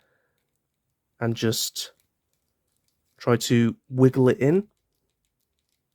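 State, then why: Not seated. An alternate plastic hand is being wiggled onto the wrist peg of a NECA Ultimate Armoured Lost Predator action figure while someone talks in two short bursts, with near silence and only a few faint ticks around them. The hand has not clicked or seated onto the peg yet.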